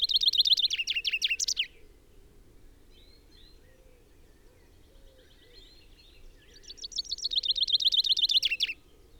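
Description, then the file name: Common chaffinch singing two full songs several seconds apart, each a quick run of repeated bright notes falling to a terminal flourish, with faint other bird notes between. "Fringilla coelebs"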